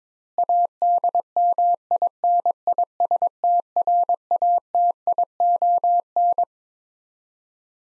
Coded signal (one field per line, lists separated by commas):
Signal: Morse code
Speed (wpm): 22 wpm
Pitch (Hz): 700 Hz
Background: none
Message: ADMINISTRATION